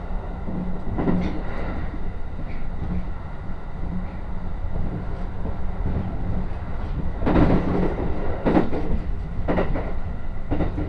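A ride on the Utsunomiya Line train between Urawa and Koga, with a steady low rumble of the carriage running throughout. Brief clattering bursts from the rails punctuate it around one second, again near seven to eight seconds, and at eight and a half and nine and a half seconds.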